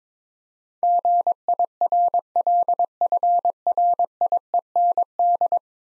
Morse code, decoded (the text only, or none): GIRLFRIEND